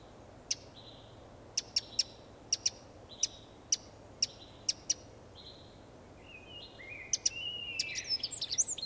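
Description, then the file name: Eurasian wren giving clustered hard ticks for several seconds, followed by a busy twittering burst at the end. "Troglodytes troglodytes"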